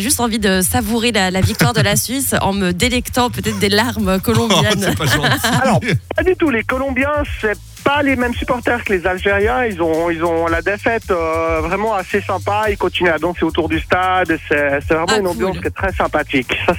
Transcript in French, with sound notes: J'ai juste envie de savourer la la victoire de la Suisse en me délectant peut-être des larmes colombiennes. [Rires]
Pas du tout. Les Colombiens, c'est pas les mêmes supporters que les Algériens. Ils ont, ils ont la défaite vraiment assez sympa, ils continuent à danser autour du stade, c'est c'est vraiment une ambiance qui est très sympathique.